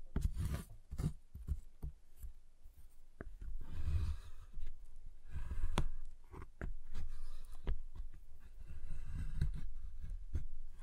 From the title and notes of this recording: ASMR Giant Chocolate Bar Tapping, Cutting, Snapping Sounds (No Talking).